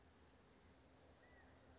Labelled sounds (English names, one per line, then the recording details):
California Quail
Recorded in Sonoma County, California